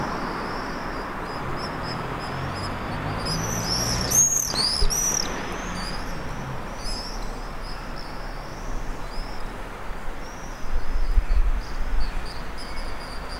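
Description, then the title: Common swifts give high screaming trills, a loud burst of overlapping calls around four seconds, then scattered fainter screams, with low rumbling background noise. Several common swifts recorded from an apartment in Staré Mesto, Slovakia. "Staré Mesto, Slovenská republika - common swifts"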